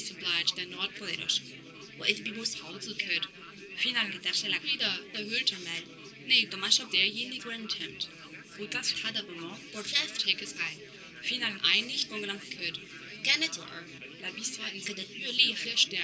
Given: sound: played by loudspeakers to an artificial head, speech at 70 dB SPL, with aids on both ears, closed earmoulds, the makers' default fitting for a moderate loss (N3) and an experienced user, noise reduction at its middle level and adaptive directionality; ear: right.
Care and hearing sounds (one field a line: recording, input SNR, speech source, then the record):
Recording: speech test signal (ISTS) in cocktail-party noise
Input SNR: +3 dB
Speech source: in front (0 degrees)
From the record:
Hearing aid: class 2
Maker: J